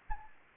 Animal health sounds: mosquito wingbeat signal from an infrared sensor; Anopheles arabiensis

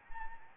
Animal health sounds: mosquito wingbeat signal from an infrared sensor; Anopheles arabiensis

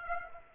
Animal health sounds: mosquito wingbeat signal from an infrared sensor; Aedes aegypti

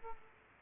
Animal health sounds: mosquito wingbeat signal from an infrared sensor; Aedes aegypti

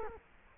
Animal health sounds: mosquito wingbeat signal from an infrared sensor; Culex quinquefasciatus

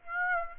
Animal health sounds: mosquito wingbeat signal from an infrared sensor; Aedes aegypti

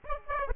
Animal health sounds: mosquito wingbeat signal from an infrared sensor; Aedes aegypti

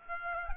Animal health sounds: mosquito wingbeat signal from an infrared sensor; Aedes aegypti

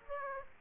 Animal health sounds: mosquito wingbeat signal from an infrared sensor; Aedes aegypti

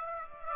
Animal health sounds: mosquito wingbeat signal from an infrared sensor; Aedes aegypti

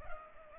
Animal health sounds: mosquito wingbeat signal from an infrared sensor; Culex pipiens

